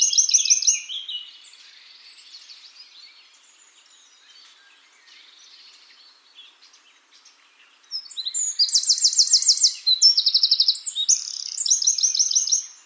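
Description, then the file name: Eurasian wren singing: a short burst of high trills at the start, a quiet gap with faint twitters, then a long loud phrase of rapid rattling trills. "Troglodytes troglodytes"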